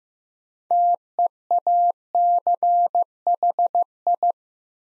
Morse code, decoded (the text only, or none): TEACHI